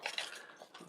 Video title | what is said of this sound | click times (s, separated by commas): Hot Toys Captain America Civil War FALCON: EmGo's Hot Toys Reviews N' Stuff | they just slot in right here and we'll clip into place just snap right in | 0.1 s, 0.2 s